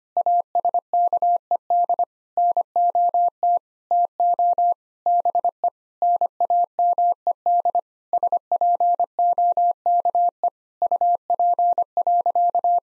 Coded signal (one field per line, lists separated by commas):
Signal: Morse code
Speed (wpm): 25 wpm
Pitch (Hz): 700 Hz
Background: none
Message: ASKED NOT TO BE NAMED SPOKE UP.